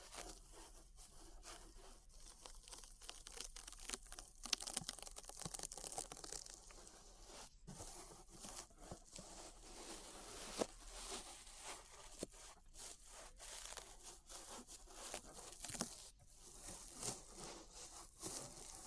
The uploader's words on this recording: ASMR Relaxing 3Dio Ear Brushing (No Talking).